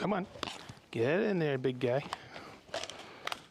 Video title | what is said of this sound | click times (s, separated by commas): KHC 18 Deep Dive (Tips, Tricks & Applications) - Festool LIVE 189 | ah there it is there's the click okay so | 3.3 s